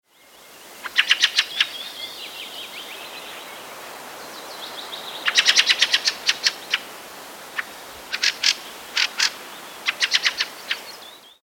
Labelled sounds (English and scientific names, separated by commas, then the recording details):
Fieldfare (Turdus pilaris)
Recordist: Tembrock, Günter
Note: Schackern im Flug